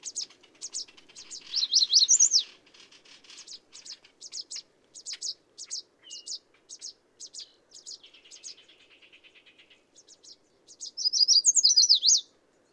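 Songbird chirping: quick high notes in irregular bursts, with warbled trilling phrases near the start and end and a faint, steady low hum beneath.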